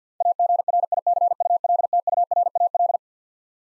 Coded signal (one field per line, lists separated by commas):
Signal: Morse code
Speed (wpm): 50 wpm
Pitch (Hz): 700 Hz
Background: none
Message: AGRICULTURAL